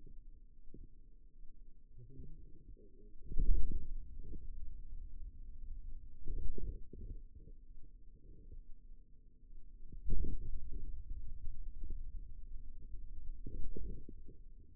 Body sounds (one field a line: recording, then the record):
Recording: forearm muscle sounds (acoustic myography)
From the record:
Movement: radial deviation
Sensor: system 2, bracelet of six BSWA MPA416 microphones around the upper forearm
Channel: 3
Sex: male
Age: 22 years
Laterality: right